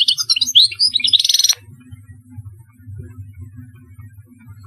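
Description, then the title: European goldfinch song: a quick burst of liquid twittering and buzzy trills for about a second and a half, then a low hum underneath. "Chant Chardonneret"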